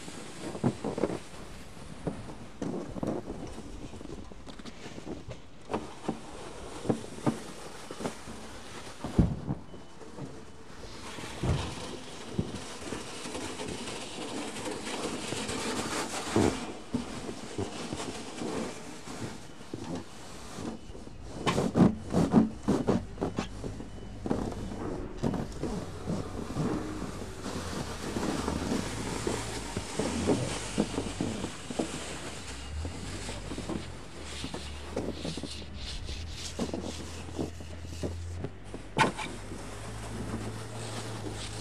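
Snow being cleared, with dense, irregular scrapes and sharp knocks arriving every second or so for the whole stretch. A low rumble runs underneath, and from about halfway through a steady low droning hum joins in, like a running machine.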